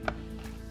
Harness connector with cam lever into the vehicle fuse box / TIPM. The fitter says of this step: and you should get a click. Once you pull it all the way back, this will click in on the end, and